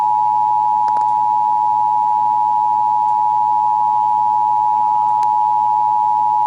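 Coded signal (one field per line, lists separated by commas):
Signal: Emergency Alert System (SAME) tones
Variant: 853 and 960 Hz attention tone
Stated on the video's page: Texas Required Monthly Test heard on radio and TV stations WBAP, KSCS, KDAF, KDFW, KTVT, WFAA and KXAS.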